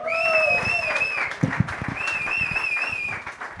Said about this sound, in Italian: Applauso.